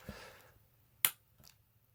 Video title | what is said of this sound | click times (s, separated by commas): How to build a cheap custom Computer. | You hear it click. | 1.1 s